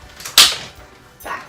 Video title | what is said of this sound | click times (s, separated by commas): Mima Kobi PRAM REVIEW! | and it snaps in place then you just add your seat on again | 0.4 s